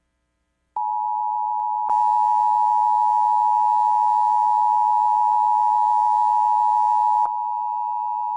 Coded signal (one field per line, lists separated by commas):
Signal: Emergency Alert System (SAME) tones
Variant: 853 and 960 Hz attention tone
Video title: Washington D.C. Required Monthly Test on multiple stations (EAS #1172-1179)